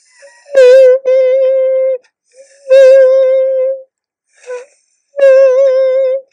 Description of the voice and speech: Listen to the delay, then the sudden popping in of the sound, that is very clear. That's. A popping onset. Very clear once it begins, and usually the result of a gap without mucosal injury or inflammation or swelling.